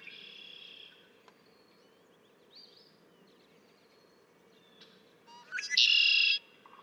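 Red-winged blackbird song: short introductory notes, then a loud buzzy trill near the end. A fainter buzzy song is heard at the start over a steady low hum.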